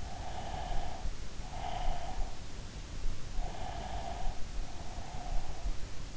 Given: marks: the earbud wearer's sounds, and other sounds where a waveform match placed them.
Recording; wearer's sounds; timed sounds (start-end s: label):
sounds in sleep by an in-ear microphone; breath
0.01-2.53 s: breath
3.65-5.78 s: breath